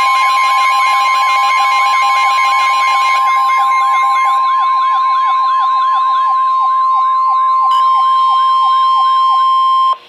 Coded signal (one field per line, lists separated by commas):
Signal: Emergency Alert System (SAME) tones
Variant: 1050 Hz attention tone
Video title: Severe Thunderstorm Warning #4 - 04/12/14 (EAS #624)